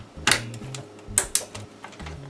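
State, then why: Seated. The plastic push pins of a stock CPU cooler are pressed down into the motherboard, giving two sharp clicks at 1.2 s and 1.4 s after an earlier tap near 0.3 s and some faint handling ticks. The first click is the pin entering the board and the second is the lock spreading and holding like a barb on a fish hook, so the cooler is seated.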